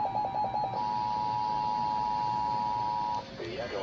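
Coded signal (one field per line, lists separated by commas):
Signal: Emergency Alert System (SAME) tones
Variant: 853 and 960 Hz attention tone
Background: speech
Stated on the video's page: Real AMBER alert (Child Abduction Emergency) SAME tones received off two NOAA Weather Radio transmitters in the early morning.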